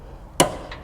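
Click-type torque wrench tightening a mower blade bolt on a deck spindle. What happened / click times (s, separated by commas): Torque wrench clicked at its setting / 0.4 s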